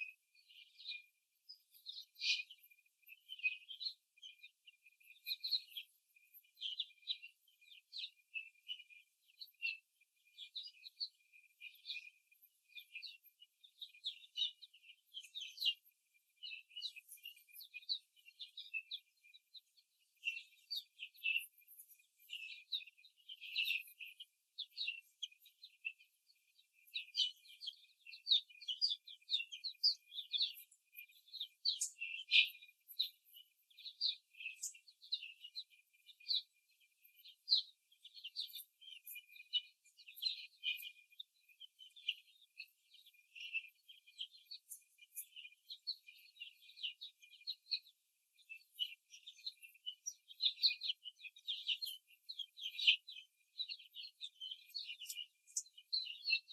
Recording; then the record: young laying hens in a cage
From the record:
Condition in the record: before the stressor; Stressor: simulated dog barking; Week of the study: 3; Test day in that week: 1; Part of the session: 3